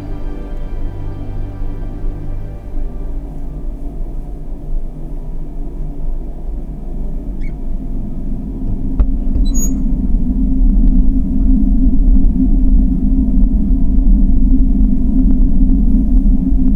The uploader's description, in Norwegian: et dalføre av susende vind, gjennom regn og maskiner, dyp bass fra et fyringsanlegg, vinylknitring, t-banestasjoner, sjø og regn